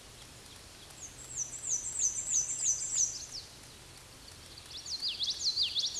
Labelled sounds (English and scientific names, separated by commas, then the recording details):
Black-and-white Warbler (Mniotilta varia) song
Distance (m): 10 m
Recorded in a Pennsylvania forest on 19 May 2023 at 07:39
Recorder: AudioMoth, point grid1_32_low
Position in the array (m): 90 m, 114 m